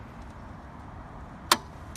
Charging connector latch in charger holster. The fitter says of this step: I'm all good. I hear the click to unlock the holster.